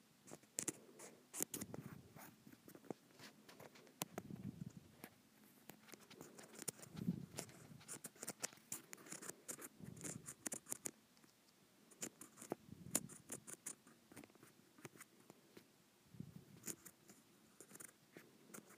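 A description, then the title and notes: Scratching on a textured plastic surface, heard as dense bursts of dry, rapid scraping clicks that stop and start unevenly. Heavier, lower strokes swell up about every two to three seconds, while light crackling ticks fill the gaps throughout. ASMR Scratching a Textured Plastic.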